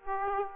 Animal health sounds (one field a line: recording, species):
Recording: mosquito wingbeat signal from an infrared sensor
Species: Aedes aegypti